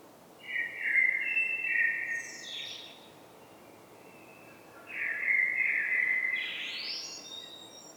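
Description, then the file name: Common blackbird singing two mellow whistled phrases, each rising at the end into a higher, thin twitter, with a quiet gap between them. "Turdus merula"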